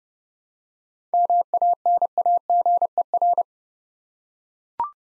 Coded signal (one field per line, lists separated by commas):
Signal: Morse code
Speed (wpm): 30 wpm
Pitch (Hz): 700 Hz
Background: none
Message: MANAGER